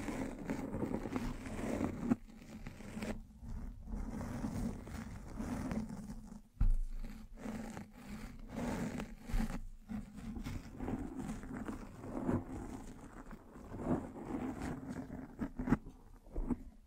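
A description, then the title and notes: Microphone brushing and scratching, a dense low rumble with rough bursts, sharp knocks near two and six and a half seconds. BRAIN TINGLES ASMR Mic Brushing and Scratching (No Talking).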